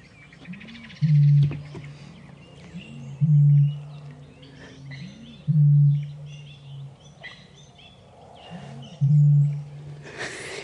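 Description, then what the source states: Australasian bittern booming, four deep low foghorn booms roughly every two to three and a half seconds, each led by a short rising gulp, with faint bird chirps behind. Male booming to attract females at a New Zealand lake wetland, cool and calm after the wind dropped; he had been giving four booms per series and gave five this time.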